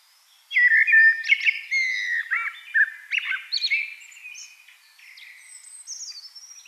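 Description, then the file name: Eurasian blackbird song: a loud run of varied fluted and warbled notes after a short silence, fading into thinner high twitters. "Turdus merula"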